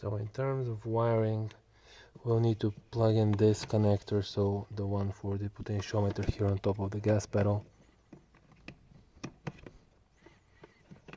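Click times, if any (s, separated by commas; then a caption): none. A wiring harness connector is being handled at the potentiometer on top of a facelift accelerator pedal being retrofitted to an early Mercedes-Benz G-Class. Someone talks for the first 7.7 seconds, then faint handling noise follows with small sharp ticks near 8.7, 9.2 and 9.5 seconds. The connector has not seated or clicked yet when the clip ends.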